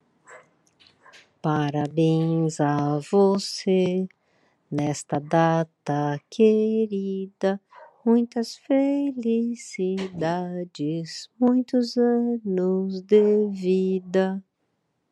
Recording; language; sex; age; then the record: short text; Brazilian Portuguese; female; 60 to 69 years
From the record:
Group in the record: control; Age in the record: 62 years